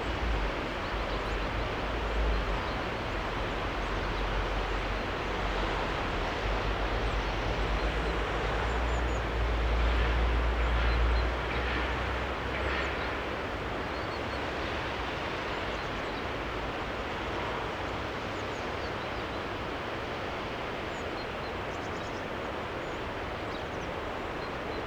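A soundscape at Lauterbach Church: a steady, dense wash of noise, with a deep vehicle-like rumble swelling around ten seconds before easing off.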